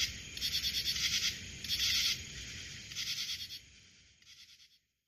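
Cricket chirps in pulsed rasping bursts, a few in sequence, growing fainter before the sound stops near the end.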